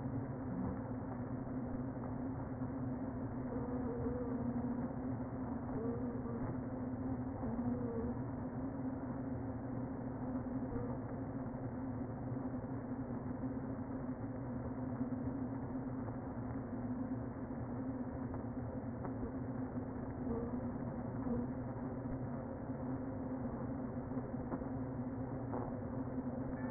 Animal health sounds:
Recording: honeybee colony, microphone inside the hive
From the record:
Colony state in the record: queen present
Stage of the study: before two queens were removed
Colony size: about 60,000 bees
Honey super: yes

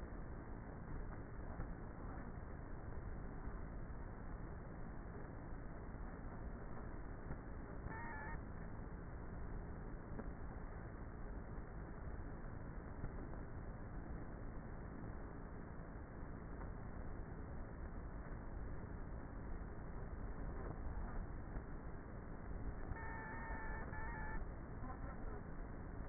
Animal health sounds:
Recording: honeybee colony, microphone inside the hive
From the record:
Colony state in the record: queenless with a low population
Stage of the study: before two queens were removed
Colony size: about 30,000 bees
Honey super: no

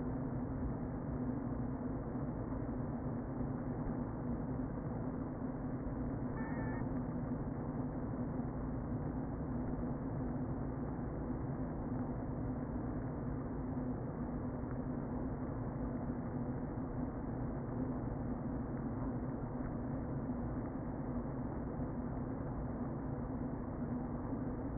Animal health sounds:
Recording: honeybee colony, microphone inside the hive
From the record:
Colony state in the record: queen present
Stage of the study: before two queens were removed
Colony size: about 60,000 bees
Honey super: yes

